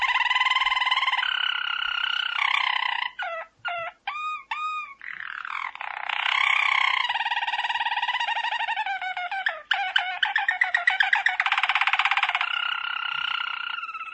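Canary singing a varied song of rolling trills, quick repeated arched whistles and buzzy tours, changing pattern every few seconds.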